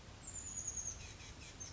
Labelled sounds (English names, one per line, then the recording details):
Chestnut-backed Chickadee
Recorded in Sonoma County, California